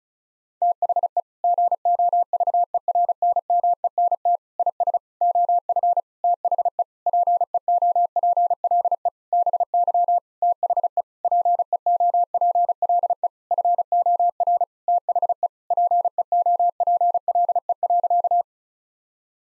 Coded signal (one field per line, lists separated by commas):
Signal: Morse code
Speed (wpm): 36 wpm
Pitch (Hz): 700 Hz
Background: none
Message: THE GOVERNMENT IS OF THE PEOPLE BY THE PEOPLE FOR THE PEOPLE.